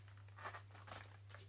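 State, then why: Not seated. A Dyson DC44 cordless vacuum wand is pushed into its floor head, producing soft scraping, rustling bursts over a steady low hum. The wand does not go in, and nothing has seated or clicked yet.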